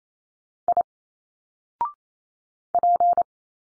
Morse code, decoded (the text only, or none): I P